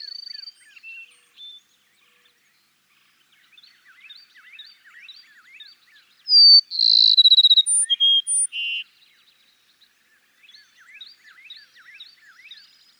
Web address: songs Cassins's Sparrow